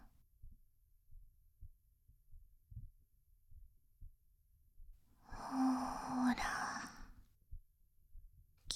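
Soft, dull low thumps repeat fairly steadily at roughly 100 per minute, with a long breathy sigh partway through. These are heart sounds heard close against a chest in a quiet room.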